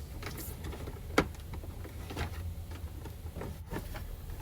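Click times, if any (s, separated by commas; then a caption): 1.2 s. A rear plastic trim piece is set down into the center console of an X3 UTV and pressed until it snaps into place, with a single sharp snap at 1.2 s. Softer knocks and handling noises surround it over a steady low hum, and the piece ends up seated.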